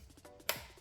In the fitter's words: There's the click.